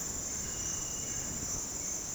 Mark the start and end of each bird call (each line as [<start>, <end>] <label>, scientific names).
[0.00, 1.98] Cantorchilus leucotis